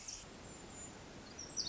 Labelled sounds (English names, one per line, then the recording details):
Pacific Wren
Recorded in Sonoma County, California